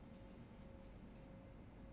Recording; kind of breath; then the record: one breath in and out by a microphone near the nose and mouth; normal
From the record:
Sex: male